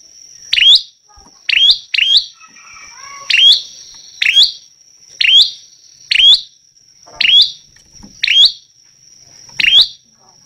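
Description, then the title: Prinia repeating sharp chip notes about once a second, some doubled, with a few softer twittering notes and a constant high whine. Lively, much-singing (gacor) prinia of the local 'lancur' type, recorded as a tutoring track for teaching songbirds (masteran). "Prenjak Lancur Gacor Untuk Masteran"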